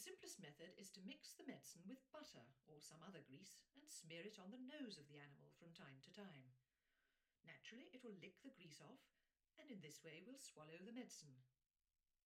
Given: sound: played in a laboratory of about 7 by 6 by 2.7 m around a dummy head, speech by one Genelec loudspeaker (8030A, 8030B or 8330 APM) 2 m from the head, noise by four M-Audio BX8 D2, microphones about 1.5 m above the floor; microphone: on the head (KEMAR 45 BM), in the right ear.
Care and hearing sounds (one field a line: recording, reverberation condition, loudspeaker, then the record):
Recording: female speech in English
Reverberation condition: low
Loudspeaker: in front (0 degrees)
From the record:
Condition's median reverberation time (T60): about 310 ms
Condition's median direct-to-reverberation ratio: about 3.5 dB